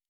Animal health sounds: hydrophone in a shrimp aquaculture tank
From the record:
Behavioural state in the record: normal

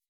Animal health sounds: hydrophone in a shrimp aquaculture tank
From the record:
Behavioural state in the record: weakened

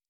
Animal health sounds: hydrophone in a shrimp aquaculture tank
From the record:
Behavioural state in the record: normal

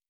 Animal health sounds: hydrophone in a shrimp aquaculture tank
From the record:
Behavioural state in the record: normal

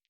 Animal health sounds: hydrophone in a shrimp aquaculture tank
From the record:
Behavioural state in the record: stressed

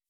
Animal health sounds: hydrophone in a shrimp aquaculture tank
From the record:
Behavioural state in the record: weakened

